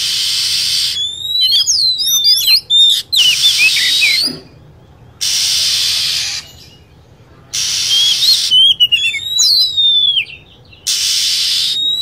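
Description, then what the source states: Lovebird producing piercing bent whistles and chirps mixed with long, hoarse screeching bursts, with brief pauses between. Lure sound used to attract lovebirds.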